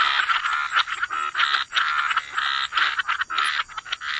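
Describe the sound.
Chorus of frogs with overlapping nasal, pulsed croaking calls coming in quick bursts separated by brief gaps.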